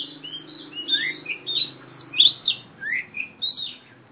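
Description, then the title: Oriental magpie-robin song, a lively run of sharp whistles and quick down-slurred chirps in clustered bursts, with a faint low hum underneath. Female competition bird from East Java, a national first-place champion; described as gacor (singing constantly), fighting type, black, poci. "Kacer Juara 1 Nasional gacor kacer juara nasional jawa timur kacer tarung betina poci gacor hitam"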